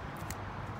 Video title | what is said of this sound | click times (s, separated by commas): LEDs and Catchcan Install S197 Mustang 05-14 | Snaps on there as well. | 0.3 s